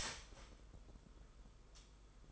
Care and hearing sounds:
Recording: daily activity, microphone in the room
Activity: start toaster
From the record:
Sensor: 5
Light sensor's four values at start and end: 35/111/42/45 and 35/111/42/45

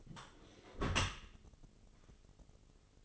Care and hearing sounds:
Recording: daily activity, microphone in the room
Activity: close dishwasher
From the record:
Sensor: 4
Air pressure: 996.7 hPa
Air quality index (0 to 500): 88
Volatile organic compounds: 4 ppm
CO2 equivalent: 1693 ppm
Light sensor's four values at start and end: 19/53/21/22 and 20/53/21/23

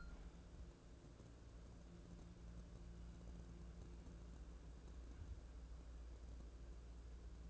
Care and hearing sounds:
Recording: daily activity, microphone in the room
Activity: wipe stove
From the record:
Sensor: 2

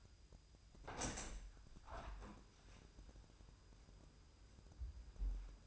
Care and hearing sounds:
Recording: daily activity, microphone in the room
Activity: open window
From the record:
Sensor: 2

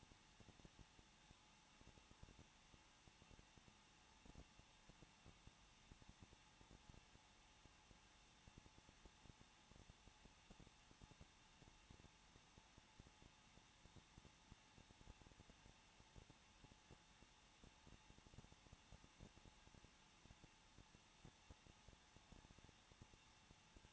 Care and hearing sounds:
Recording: daily activity, microphone in the room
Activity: no activity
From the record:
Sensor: 1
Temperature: 20.1 degrees Celsius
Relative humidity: 39.3%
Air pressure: 1006.4 hPa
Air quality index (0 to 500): 218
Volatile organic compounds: 79 ppm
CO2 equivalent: 3600 ppm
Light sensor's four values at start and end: 1/2/1/1 and 1/2/1/1

